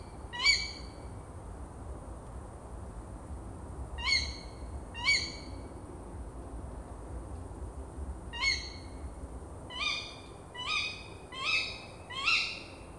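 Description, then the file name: Tawny owl giving sharp, harsh calls, single and in quick runs, eight in all over thirteen seconds, over a steady low background hiss. "waldkauz"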